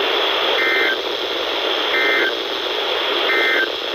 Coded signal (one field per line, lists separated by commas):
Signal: Emergency Alert System (SAME) tones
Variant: end-of-message bursts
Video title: Severe Thunderstorm Warning Pocatello,ID EAS#74